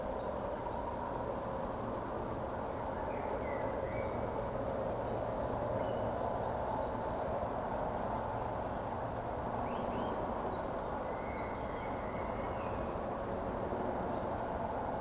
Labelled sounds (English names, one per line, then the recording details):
Eurasian Woodcock whistle
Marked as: whistle, whistle, whistle, whistle, whistle
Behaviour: display flight
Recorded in Baden-Württemberg, Germany, on 24 June 2020 at 20:00 UTC
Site 14569, 102 m above sea level